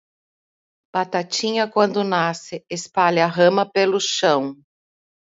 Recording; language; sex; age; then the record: short text; Brazilian Portuguese; female; 50 to 59 years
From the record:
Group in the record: control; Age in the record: 57 years